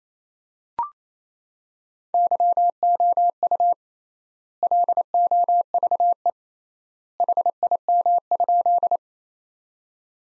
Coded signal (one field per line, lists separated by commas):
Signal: Morse code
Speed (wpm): 28 wpm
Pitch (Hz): 700 Hz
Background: none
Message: YOU LOVE HIM?